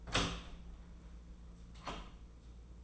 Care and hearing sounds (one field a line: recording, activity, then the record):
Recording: daily activity, microphone in the room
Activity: open door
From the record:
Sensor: 1